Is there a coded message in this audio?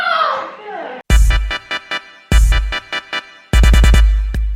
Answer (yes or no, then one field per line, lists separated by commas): no